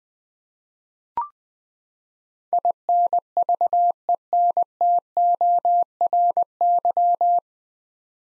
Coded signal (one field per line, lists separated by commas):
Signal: Morse code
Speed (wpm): 21 wpm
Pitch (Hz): 700 Hz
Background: none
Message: INVENTORY